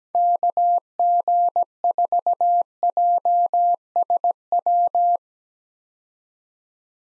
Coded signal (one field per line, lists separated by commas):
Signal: Morse code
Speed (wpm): 17 wpm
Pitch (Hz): 700 Hz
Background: none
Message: KG4JSW